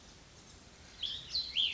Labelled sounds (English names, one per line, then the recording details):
Cassin's Vireo
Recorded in Sonoma County, California